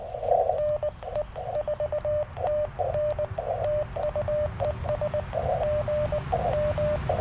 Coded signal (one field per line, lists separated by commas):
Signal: Morse code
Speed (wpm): 20 wpm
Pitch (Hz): 600 Hz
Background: radio noise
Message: NE4TN TU ES GM